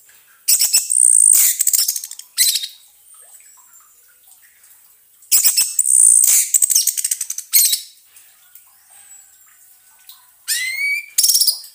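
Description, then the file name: Orange-headed thrush singing in dense, rapid bursts of high chirps and trills, with quieter gaps between phrases and a rising whistled note in the last phrase. Sound therapy recording meant for an orange-headed thrush that has stopped singing. "terapi suara anis merah macet bunyi"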